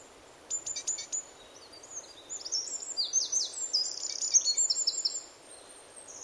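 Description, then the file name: Great tit calls: sparse high ticks, then a rapid run of thin notes building into a dense chatter, set against a steady background hiss. "Parus major"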